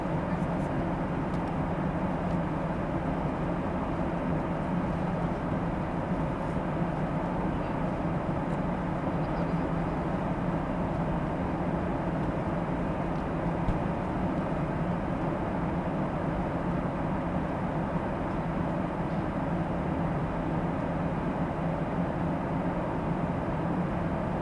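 Engine hum inside an airliner in flight, a steady, dense roar weighted toward the low end with a faint brighter hiss above. The level holds even for the whole stretch, with no announcements or distinct events breaking through, only slight flickers in the upper range.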